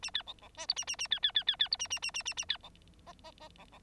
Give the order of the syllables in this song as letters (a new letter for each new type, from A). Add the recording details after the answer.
A B C C D E A A A B B B B B E A A A A A A B C F F F C C. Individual Bird9